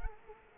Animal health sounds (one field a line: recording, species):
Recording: mosquito wingbeat signal from an infrared sensor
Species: Culex quinquefasciatus